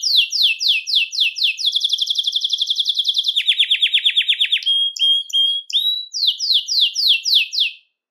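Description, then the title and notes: Belgian canary song: repeated downward-sweeping notes, a long rapid trill dropping in pitch, whistled slides, then more falling sweeps. "Canario Belga, nyonyastudio"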